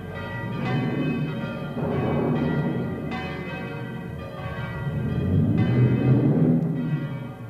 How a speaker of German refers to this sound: Denn gegen Abend zog im Westen eine Wetterwand herauf. Die Wolken hatten gelbe Ränder und blau-schwarze Bäuche und der Donner kam immer näher. Und in Schelmberg hoben die Glocken das Wetterläuten an.